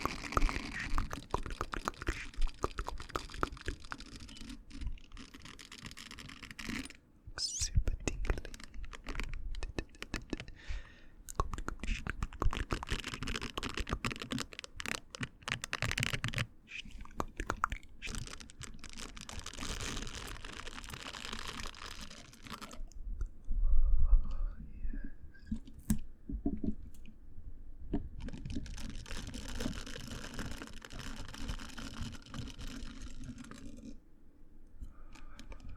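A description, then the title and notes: Mouth sounds: fast, dense wet clicks and crackles with short pauses, a soft low thump near twenty-four seconds, then quieter smacking. Super Tingly Mouth Sounds.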